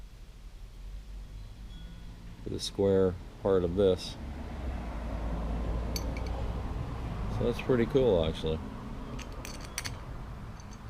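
A drum tom holder's square post is handled at its square mounting hole while someone talks. A few sharp little clicks and clinks are heard near 6.0, 9.5, 9.7 and 9.8 seconds. Nothing has seated or locked in yet by the end.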